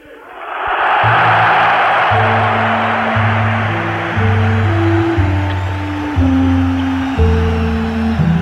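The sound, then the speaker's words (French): A huge, enthusiastic crowd roars and cheers wildly in response to a speech about Algeria, a loud, continuous wall of voices that swells in the first second and holds steady, with chant-like sustained tones rising and shifting beneath the din. “La foule enthousiaste se déchaîne.”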